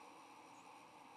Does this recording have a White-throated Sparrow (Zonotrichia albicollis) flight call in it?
no